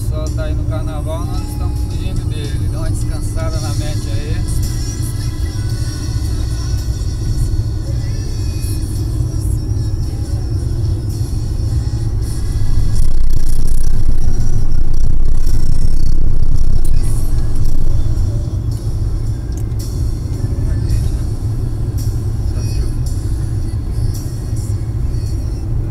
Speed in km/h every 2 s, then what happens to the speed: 86, 87, 88, 89, 89, 90, 92, 93, 94, 94, 94, 94, 93.
0-26 steady at about 92.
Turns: none.